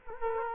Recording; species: mosquito wingbeat signal from an infrared sensor; Culex quinquefasciatus